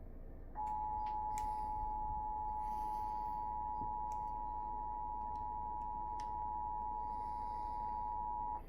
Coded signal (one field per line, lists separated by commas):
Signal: Emergency Alert System (SAME) tones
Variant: 853 and 960 Hz attention tone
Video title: Eas svr on npt Eas#769